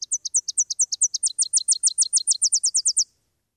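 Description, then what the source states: Warbler song: very high, sharp two-part notes repeated rapidly, shifting midway into a faster, even series of thin slurred chips lasting about three seconds. Song of a bay-breasted, blackpoll or Tennessee warbler; these species breed mainly in Canada or the northern United States, winter in Central and South America, migrating twice a year.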